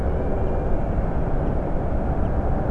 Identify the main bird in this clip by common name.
Common Chaffinch